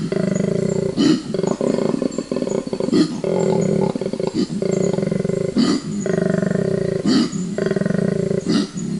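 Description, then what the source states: Koala giving a long bellow, throbbing low snore-like grunts alternating with loud rasping inhalations several times. Recorded at night by a forest acoustic recorder in 12-hour recordings scanned by computer; distinctive low-frequency call of grunts and snort-like inhalations.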